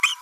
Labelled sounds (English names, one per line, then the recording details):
Green-rumped Parrotlet babbling
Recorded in a nest box in Venezuela
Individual 18B25A5